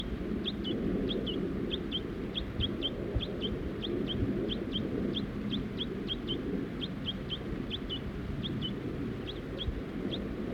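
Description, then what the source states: Crossbill calls, short chirps and doubled notes repeated steadily, over constant low hiss. Crossbill family including juveniles perched in Virginia pines at the edge of a grove of trees.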